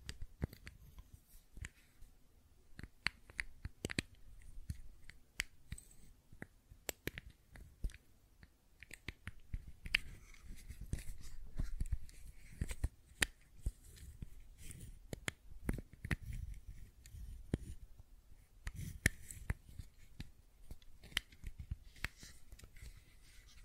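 Fidget cube clicks and taps come in an irregular, fairly dense stream for the whole span, each a short sharp crack that rings high and bright. Some bursts cluster quickly while others space out, with soft low thumps and rustling handling beneath.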